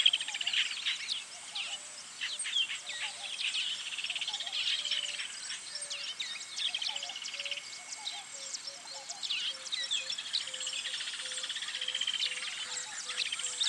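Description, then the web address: Birds: a chorus of high chirps and trills, joined later by a soft low note repeated steadily. Birds singing in a bird park. "zvuk peniya ptits v parke ptits eschyo park ptits"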